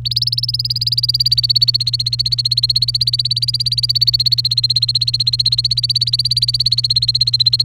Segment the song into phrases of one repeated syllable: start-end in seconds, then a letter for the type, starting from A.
0.05-7.65 A